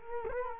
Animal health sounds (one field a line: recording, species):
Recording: mosquito wingbeat signal from an infrared sensor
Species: Culex quinquefasciatus